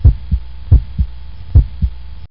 Heart beating.